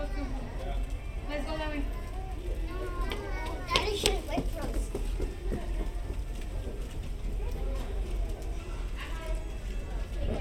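Hotel lobby ambience filled with overlapping chatter from many voices, including children, running continuously through the ten seconds. A steady low hum sits underneath, and a few brief, brighter clattering sounds cluster around the four-second mark.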